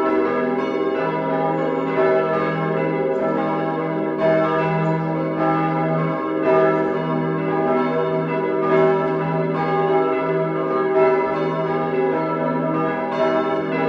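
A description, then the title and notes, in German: Church bells ring the noon peal from a parish church, several bells swinging together in a dense, continuous tumble of overlapping strokes. The deep hum of the largest bell sits beneath bright, shimmering strikes that land every fraction of a second, steady throughout. Zwölfuhrläuten aus Edelstetten in Schwaben , Kath. Pfarrkirche.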